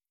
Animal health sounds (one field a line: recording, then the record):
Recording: hydrophone in a shrimp aquaculture tank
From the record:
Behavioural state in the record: stressed